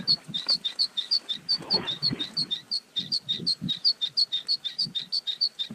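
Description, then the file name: Bluethroat song: a fast, steady run of high, clipped whistled notes, about three per second, with soft low thumps underneath. "gorge bleue"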